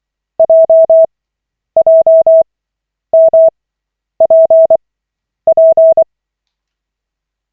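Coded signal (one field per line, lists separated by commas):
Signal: Morse code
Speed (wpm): 24 wpm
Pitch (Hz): 650 Hz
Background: none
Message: JJMPP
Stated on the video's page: Koch-method Morse practice at lesson 14 of 40, five-minute session from the LCWO website.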